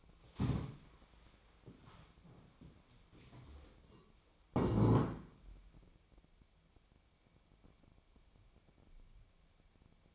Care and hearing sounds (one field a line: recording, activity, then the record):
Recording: daily activity, microphone in the room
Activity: stand up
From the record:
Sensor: 1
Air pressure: 1000.5 hPa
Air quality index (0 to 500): 174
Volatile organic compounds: 4 ppm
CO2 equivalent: 1616 ppm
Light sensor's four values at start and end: 13/32/13/15 and 13/32/13/15